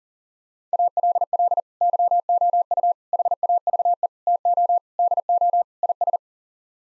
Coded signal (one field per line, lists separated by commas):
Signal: Morse code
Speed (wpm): 40 wpm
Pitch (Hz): 700 Hz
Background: none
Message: ALL YOU HAVE TO DO IS